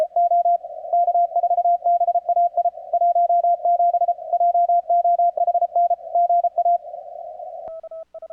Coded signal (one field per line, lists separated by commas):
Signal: Morse code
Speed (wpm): 33 wpm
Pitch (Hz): 690 Hz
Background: none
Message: O K4BAI 17 JOHN GA